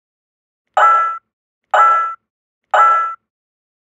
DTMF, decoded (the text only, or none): none